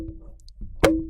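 A magnetic metal grille screen is set onto the body of an Ohma condenser microphone and pulled into place by its magnets. Faint high ticks come at 0.4 and 0.5 seconds, then the screen snaps on with a loud, ringing metallic clack at 0.8 seconds that hums on for the rest of the clip. The screen is seated.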